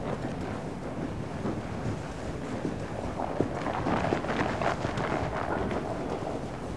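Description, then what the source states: Horse hooves striking the ground in a quick, uneven rhythm, roughly two to three footfalls a second, over a dull background roar. One horse working in an indoor school.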